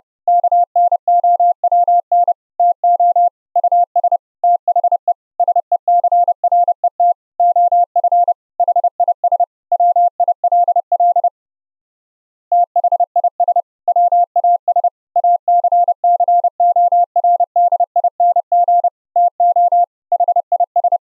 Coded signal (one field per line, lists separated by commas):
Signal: Morse code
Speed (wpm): 31 wpm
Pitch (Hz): 700 Hz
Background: none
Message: KNOWN TO US THE SECRET OF HIS WILL THIS WAS ACCORDING TO HIS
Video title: send Morse Code Audio over the Internet using FFMPEG and the OPUS CODEC - LIVE demo